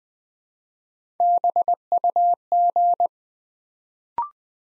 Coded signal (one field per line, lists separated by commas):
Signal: Morse code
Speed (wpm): 20 wpm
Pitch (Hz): 700 Hz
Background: none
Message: BUG